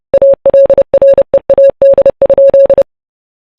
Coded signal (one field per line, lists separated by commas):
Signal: Morse code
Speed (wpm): 30 wpm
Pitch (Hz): 550 Hz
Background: none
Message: ALREAD?